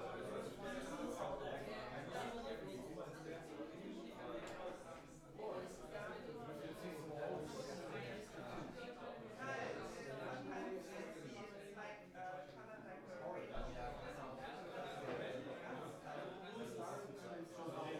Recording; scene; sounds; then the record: everyday scene through a hearing-aid microphone; many people talking; many voices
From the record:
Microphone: behind the ear, right, front